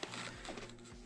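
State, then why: Torque reached. A click-type torque wrench set to 12.5 tightens a bolt on a bike until it reaches its torque spec. A short, subtle click at 0.0 s marks the setting; the wrench then just stops and will not turn any further, over a steady low hum.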